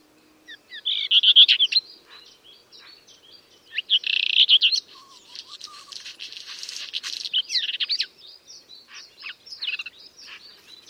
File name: black redstart bird song